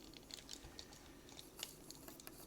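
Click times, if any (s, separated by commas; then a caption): none. The plastic chest piece of a Transformers War for Cybertron Commander Rodimus Prime figure is handled over the toy's torso as it is brought down to snap into place, with light plastic ticks and taps at about 0.3, 0.5, 0.8 and 1.6 seconds over a quiet background. Nothing has seated or clicked yet by the end of the clip.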